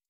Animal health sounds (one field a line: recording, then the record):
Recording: hydrophone in a shrimp aquaculture tank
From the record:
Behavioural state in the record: stressed